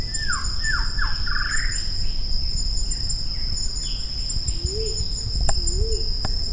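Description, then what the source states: Shama song opening with three falling whistles and a brief warble, followed near the end by two soft low whistles amid steady insect buzzing. On Maratua.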